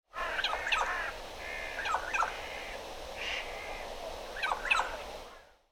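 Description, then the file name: Eurasian jay giving harsh, rasping notes in a few short clusters, with softer notes between them. "Garrulus glandarius"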